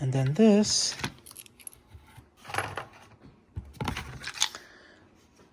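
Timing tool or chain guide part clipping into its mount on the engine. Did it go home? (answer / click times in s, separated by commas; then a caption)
yes / 4.4 s. During the valve timing setup of a BMW 2.0 turbo N20 xDrive 28i engine, a plastic or metal timing tool or chain guide part is fitted by hand into its mount on the engine while someone talks. A few light clinks and handling taps come at around 2.6 to 4.3 seconds, then the part snaps into place with a sharp click at 4.4 seconds and is seated.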